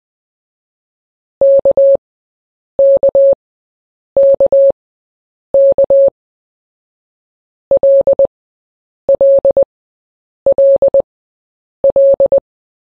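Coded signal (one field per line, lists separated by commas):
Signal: Morse code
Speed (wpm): 20 wpm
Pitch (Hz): 550 Hz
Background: none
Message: KKKK LLLL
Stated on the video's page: Morse code sounds for letters A to Z.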